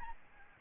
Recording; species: mosquito wingbeat signal from an infrared sensor; Aedes albopictus